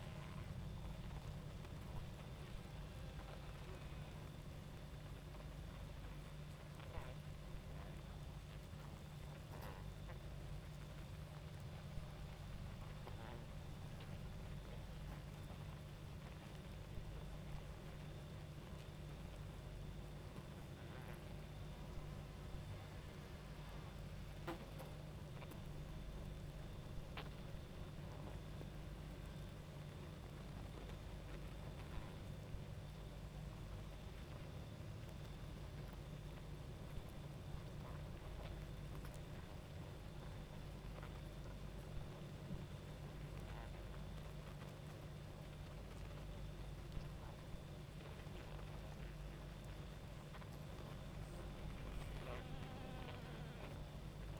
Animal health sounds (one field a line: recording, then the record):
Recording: honeybee colony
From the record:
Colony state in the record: active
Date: 28 July 2017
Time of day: 22:10